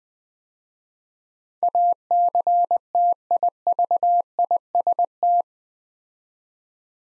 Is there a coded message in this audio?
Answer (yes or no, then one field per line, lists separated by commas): yes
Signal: Morse code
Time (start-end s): 1.6-5.4 s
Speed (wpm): 20 wpm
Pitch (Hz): 700 Hz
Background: none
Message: ACTIVIST